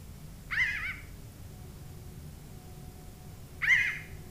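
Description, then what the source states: Pinyon Jay calls: two nasal, wavering mew-like notes about three seconds apart, each short and somewhat buzzy, with low hum beneath. Played back as an example of corvid family calls.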